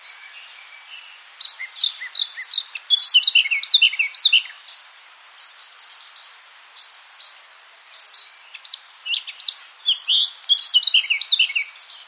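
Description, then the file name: Eurasian blackcap song in bursts of fast chattering and whistled notes, with short pauses between phrases. "Sylvia atricapilla"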